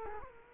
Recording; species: mosquito wingbeat signal from an infrared sensor; Culex quinquefasciatus